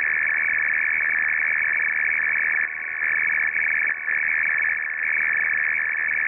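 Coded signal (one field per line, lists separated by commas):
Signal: RTTY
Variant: F01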